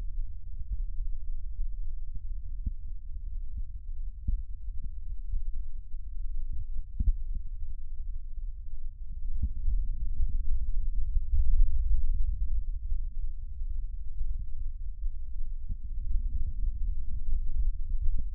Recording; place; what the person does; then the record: lung sounds by stethoscope; left posterior basal chest; quiet breathing, then deep breathing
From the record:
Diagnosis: interstitial lung disease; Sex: male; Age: 72 years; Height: 170 cm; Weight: 62.9 kg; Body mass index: 21.8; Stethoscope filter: bell mode